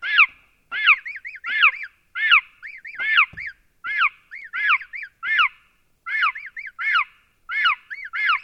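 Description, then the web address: Chick chirps: loud, arched peeps in rapid clusters of a few, repeated steadily and insistently. A young chick chirping. "Tom Hutchings Chirp Chick Chirping"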